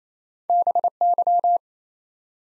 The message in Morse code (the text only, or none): BY